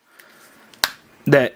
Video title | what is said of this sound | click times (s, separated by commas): Marvel Legends THE VOID BAF Sentry Avengers Wave Comic Figure Review | in like so we get a little click sound so that's good | 0.8 s